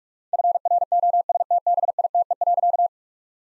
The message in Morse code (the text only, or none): FROSTBITE.